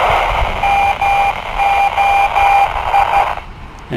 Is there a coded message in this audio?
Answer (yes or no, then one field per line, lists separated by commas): yes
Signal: Morse code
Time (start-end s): 0.6-3.2 s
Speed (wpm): 12 wpm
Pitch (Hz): 800 Hz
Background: radio noise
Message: MOI